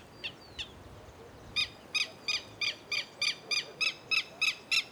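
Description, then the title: Black-crested warbler giving a steady series of about eleven sharp, harsh chip notes, roughly three per second, after two fainter single notes; quiet background. "Myiothlypis Nigrocristata"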